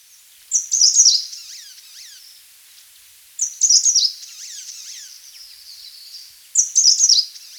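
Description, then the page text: Grey-sided bush warbler singing very high, thin, buzzy phrases that slide downward, repeated about every three seconds, with fainter chirps between them. "Grey-Sided Bush Warbler Song. Quick Sounds"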